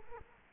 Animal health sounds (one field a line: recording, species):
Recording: mosquito wingbeat signal from an infrared sensor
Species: Culex quinquefasciatus